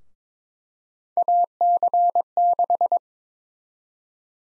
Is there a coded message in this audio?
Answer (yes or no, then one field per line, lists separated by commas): yes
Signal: Morse code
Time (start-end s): 1.2-3.0 s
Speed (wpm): 21 wpm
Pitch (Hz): 700 Hz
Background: none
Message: AC6